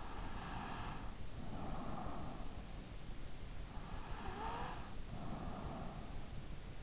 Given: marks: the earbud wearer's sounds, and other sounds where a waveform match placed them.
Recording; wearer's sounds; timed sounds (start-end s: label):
sounds in sleep by an in-ear microphone; breath
0.00-2.68 s: breath
3.75-6.18 s: breath